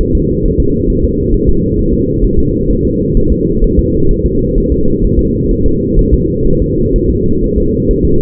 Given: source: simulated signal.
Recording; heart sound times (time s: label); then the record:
fetal heart sounds
0.01 s: S1
0.15 s: S2
0.45 s: S1
0.60 s: S2
0.90 s: S1
1.04 s: S2
1.34 s: S1
1.49 s: S2
1.79 s: S1
1.94 s: S2
2.24 s: S1
2.39 s: S2
2.70 s: S1
2.85 s: S2
3.17 s: S1
3.32 s: S2
3.64 s: S1
3.79 s: S2
4.11 s: S1
4.26 s: S2
4.58 s: S1
4.72 s: S2
5.04 s: S1
5.19 s: S2
5.51 s: S1
5.66 s: S2
5.99 s: S1
6.13 s: S2
6.47 s: S1
6.62 s: S2
6.96 s: S1
7.10 s: S2
7.44 s: S1
7.58 s: S2
7.91 s: S1
8.05 s: S2
From the record:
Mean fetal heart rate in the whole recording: 130 bpm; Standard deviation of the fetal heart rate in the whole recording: 4 bpm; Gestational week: 38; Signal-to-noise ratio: -16.4 dB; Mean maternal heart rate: 72 bpm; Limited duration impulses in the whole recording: present